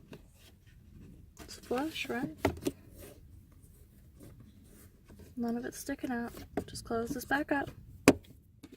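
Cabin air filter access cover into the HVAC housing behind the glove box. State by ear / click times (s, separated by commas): seated / 8.1 s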